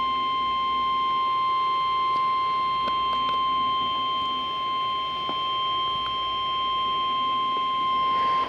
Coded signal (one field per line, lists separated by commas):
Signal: Emergency Alert System (SAME) tones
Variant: 1050 Hz attention tone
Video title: Severe Thunderstorm Warning (EAS #127)